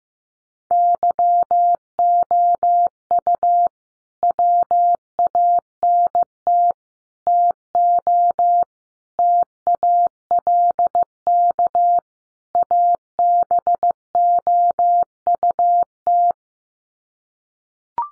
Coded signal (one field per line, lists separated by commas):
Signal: Morse code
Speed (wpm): 15 wpm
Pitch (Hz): 700 Hz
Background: none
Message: YOU WANT TO TALK ABOUT